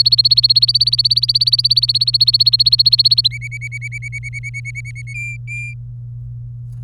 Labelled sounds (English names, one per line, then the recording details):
Domestic Canary song
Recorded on 24 April 2018 at 09:45
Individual llb3